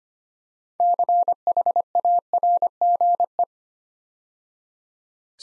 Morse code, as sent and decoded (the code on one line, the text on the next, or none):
-.-. .... .- .-. --. .
CHARGE